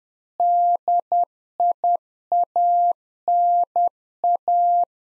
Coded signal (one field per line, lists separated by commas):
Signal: Morse code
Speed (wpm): 10 wpm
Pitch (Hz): 700 Hz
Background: none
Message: DIANA